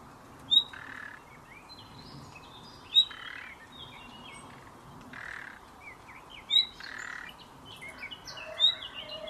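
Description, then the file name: Common nightingale giving short, high whistled call notes, four loud ones spaced a couple of seconds apart, among many other twittering and chattering birds. "Luscinia megarhynchos"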